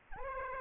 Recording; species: mosquito wingbeat signal from an infrared sensor; Aedes aegypti